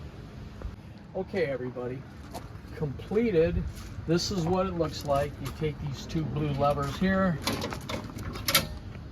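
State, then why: Seated. Someone talks, then lifts the two blue release levers on a steel, powder-coated slide-out cargo board in a Bronco's cargo area and pulls the tray out. A loud mechanical clunk and click at 8.5 s and 8.6 s mark the latch locking the tray in its extended position.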